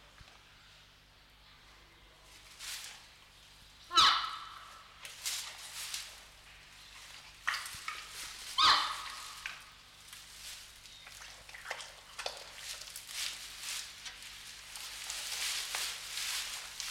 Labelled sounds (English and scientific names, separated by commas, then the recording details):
Red River Hog (Potamochoerus porcus)
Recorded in captivity
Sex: pair
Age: adult
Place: Zoo Berlin, Berlin, DE
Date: 1995-03-04 10:36
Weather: heiter bis wolkig, 1 - 5 °C
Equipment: Marantz CP 130, Sennheiser ME 80, Kopie Uher Variocord 263
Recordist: Tembrock, Günter